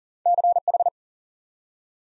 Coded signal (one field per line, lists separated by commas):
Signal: Morse code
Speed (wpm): 39 wpm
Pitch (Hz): 700 Hz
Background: none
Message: CH